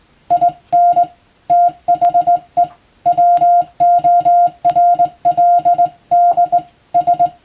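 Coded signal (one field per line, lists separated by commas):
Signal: Morse code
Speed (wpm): 20 wpm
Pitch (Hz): 700 Hz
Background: music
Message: IN THE WORLD S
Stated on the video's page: Morse sent by hand on a telegraph key as receiving practice for the radiotelegraph operator exam, from a telegram practice book.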